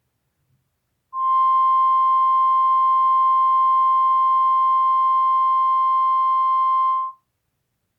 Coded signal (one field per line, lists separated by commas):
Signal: Emergency Alert System (SAME) tones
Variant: 1050 Hz attention tone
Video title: Emergency Alert System. Monday Alert